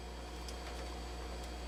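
A second RAM memory module is pushed down by hand into its motherboard DIMM slot, over a steady low hum with faint light ticks. A sudden sharp rise in sound comes right at the end, at 1.7 s. Nothing has seated or clicked yet.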